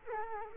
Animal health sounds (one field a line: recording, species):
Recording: mosquito wingbeat signal from an infrared sensor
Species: Culex quinquefasciatus